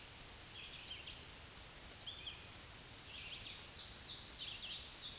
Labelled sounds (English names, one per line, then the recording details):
Black-throated Green Warbler song
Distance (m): 30 m
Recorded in a Pennsylvania forest on 1 June 2023 at 07:01
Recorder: AudioMoth, point grid3_38_low
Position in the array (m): 220 m, 141 m